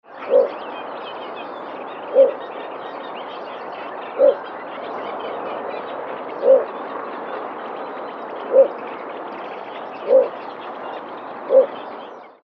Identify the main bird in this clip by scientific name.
Ixobrychus minutus